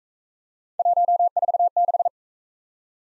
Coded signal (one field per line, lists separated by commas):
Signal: Morse code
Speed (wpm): 35 wpm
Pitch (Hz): 700 Hz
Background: none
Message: 146